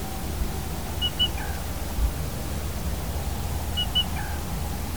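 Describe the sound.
Black rail calling twice, each call two bright high notes followed by a softer lower note, spaced under three seconds apart, with steady low hum behind.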